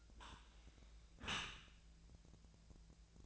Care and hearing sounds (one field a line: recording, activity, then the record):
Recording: daily activity, microphone in the room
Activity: close dishwasher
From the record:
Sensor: 2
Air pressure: 1000.3 hPa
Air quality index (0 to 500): 168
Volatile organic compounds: 3 ppm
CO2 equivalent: 1393 ppm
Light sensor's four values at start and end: 11/31/12/14 and 11/31/12/14